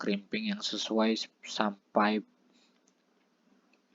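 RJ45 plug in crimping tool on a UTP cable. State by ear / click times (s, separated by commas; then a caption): not seated / none. An RJ45 plug on a UTP cable is positioned in the jaws of a crimping tool before squeezing, while someone talks for about the first two and a half seconds. After that, only faint handling ticks are heard around 2.9, 3.7 and 4.0 seconds. The plug has not been crimped and nothing has clicked yet.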